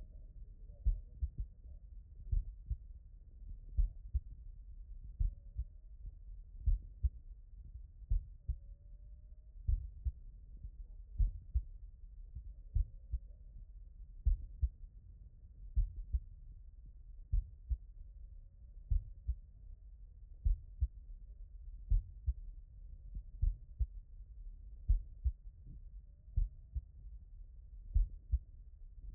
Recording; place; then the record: heart sounds by stethoscope; mitral valve (MV)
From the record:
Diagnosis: non-HFrEF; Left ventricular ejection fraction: 55%